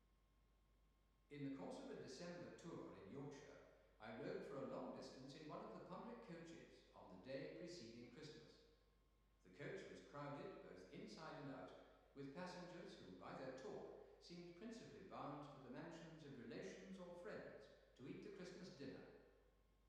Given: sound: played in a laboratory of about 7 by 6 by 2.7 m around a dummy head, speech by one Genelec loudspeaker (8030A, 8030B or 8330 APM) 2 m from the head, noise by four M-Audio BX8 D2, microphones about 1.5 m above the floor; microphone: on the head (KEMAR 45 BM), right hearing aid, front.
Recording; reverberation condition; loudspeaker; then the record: male speech in English; high; behind (180 degrees)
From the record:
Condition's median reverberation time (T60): about 1300 ms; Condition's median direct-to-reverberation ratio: about -4.0 dB